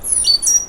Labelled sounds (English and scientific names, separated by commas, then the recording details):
Stitchbird (Notiomystis cincta) song
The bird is a male
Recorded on Tiritiri Matangi Island, New Zealand, in 2005
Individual 1, of nest box 1